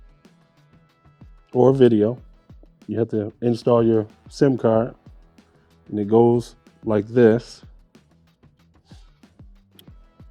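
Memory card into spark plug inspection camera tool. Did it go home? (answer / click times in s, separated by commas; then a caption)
yes / 9.8 s. Someone talks over background music while a memory card, referred to as a SIM card, is pushed into the slot of a Spark Vision 1000 spark plug inspection camera tool. Faint ticks come from handling the card, then a sharp click at 9.8 s as it snaps into place and is seated securely.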